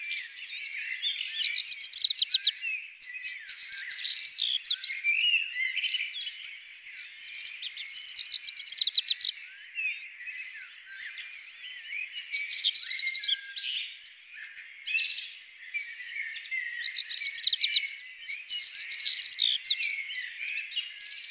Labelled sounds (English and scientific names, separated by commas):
Black Redstart (Phoenicurus ochruros) song